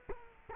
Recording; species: mosquito wingbeat signal from an infrared sensor; Culex quinquefasciatus